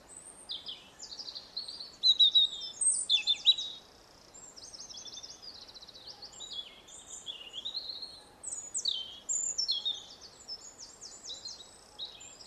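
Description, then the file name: European robin singing dense, jingling high phrases of quick sliding notes and trills, with brief pauses between bursts, against faint background hiss. "Erithacus rubecula"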